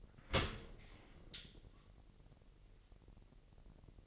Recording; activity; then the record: daily activity, microphone in the room; open dishwasher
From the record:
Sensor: 4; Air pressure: 1001.4 hPa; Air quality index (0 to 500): 248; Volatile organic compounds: 44 ppm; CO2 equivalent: 3216 ppm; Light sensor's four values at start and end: 8/18/7/6 and 8/17/7/6